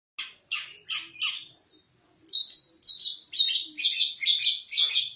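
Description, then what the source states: Long-tailed shrike with a few descending scratchy notes, a short silence, then loud buzzy phrases in quick succession. Masteran recording used for training cage songbirds, featuring various birds' chirping sounds.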